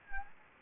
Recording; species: mosquito wingbeat signal from an infrared sensor; Anopheles gambiae